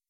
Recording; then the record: hydrophone in a shrimp aquaculture tank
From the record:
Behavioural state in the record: weakened